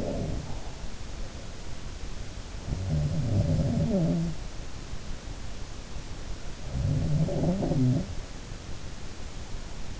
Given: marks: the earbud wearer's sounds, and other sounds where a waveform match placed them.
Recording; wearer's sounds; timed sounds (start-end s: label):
sounds in sleep by an in-ear microphone; breath
0.00-1.33 s: breath
2.40-4.51 s: sound from someone else or the room
6.48-8.33 s: sound from someone else or the room